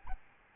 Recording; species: mosquito wingbeat signal from an infrared sensor; Aedes albopictus